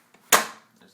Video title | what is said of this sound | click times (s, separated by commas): How to change a vacuum cleaner belt | will hear two clicks first | 0.3 s